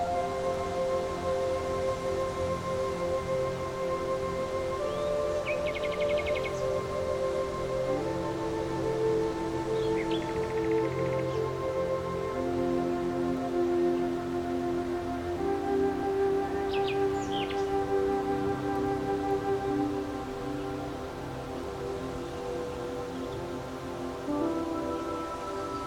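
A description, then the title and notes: Soft relaxing music of long held, overlapping notes that shift to new chords every few seconds, at an even level throughout. A steady low rustle of leaves sits underneath, and brief bird chirps break in around 6, 10 and 16 seconds. Meadow Serenade With Relaxing Music, Rustling Leaves & Nature Sounds.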